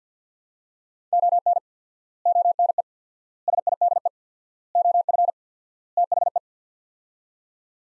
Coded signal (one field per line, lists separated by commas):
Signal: Morse code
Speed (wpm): 50 wpm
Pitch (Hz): 700 Hz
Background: none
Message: ON ONE SIDE OF THE